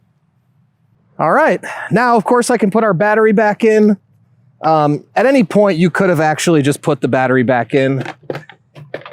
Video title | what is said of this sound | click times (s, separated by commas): The Simple Step Through Fat Tire E- Trike - Everything You Need to Know Before Buying This E-Bike | I just had it sitting off to the side here so it just clicks right in now | 8.9 s